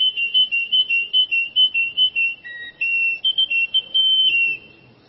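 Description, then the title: Bird song, a fast run of clear whistled notes repeated several times a second, wavering slightly in pitch, with one brief lower note midway, then fading out. "burung"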